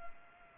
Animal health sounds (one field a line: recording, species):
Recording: mosquito wingbeat signal from an infrared sensor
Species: Anopheles arabiensis